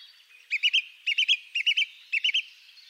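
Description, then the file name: Song thrush song: one three-note phrase repeated four times in quick succession, bright and crisp, about twice a second. "Grive musicienne"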